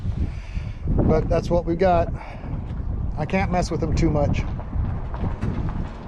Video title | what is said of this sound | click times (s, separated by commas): Cheap FJ at IAA | I pulled the release and I didn't hear a click | none